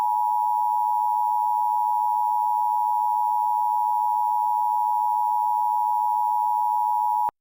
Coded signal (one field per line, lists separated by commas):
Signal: Emergency Alert System (SAME) tones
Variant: 853 and 960 Hz attention tone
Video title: EAS Scenario #1: Arkansas Nuclear One Explosion